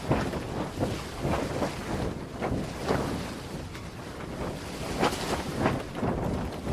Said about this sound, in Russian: На палубе было холодно. Хотя резкие порывы уже утихли, сильный ветер раздувал паруса. Со всех сторон, насколько хватало глаз, нас окружала вода.